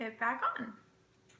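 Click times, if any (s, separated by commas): none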